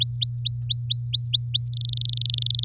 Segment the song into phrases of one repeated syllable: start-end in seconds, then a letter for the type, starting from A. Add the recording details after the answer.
0.00-1.68 A, 1.73-2.64 B. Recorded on 6 May 2018 at 06:09. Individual llb16